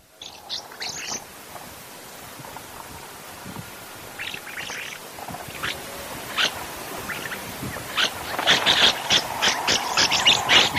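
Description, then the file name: Lorikeet shrill chattering, scattered harsh bursts building into a rapid, dense run of screeches near the end. "Лори -Лорикет -Попугай -Голоса-птиц"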